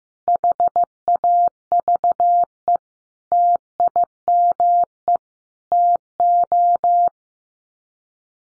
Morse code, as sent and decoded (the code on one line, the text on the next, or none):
.... .- ...- . / - .. -- . / - ---
HAVE TIME TO